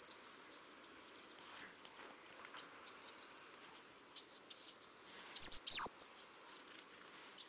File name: Cyanistes caeruleus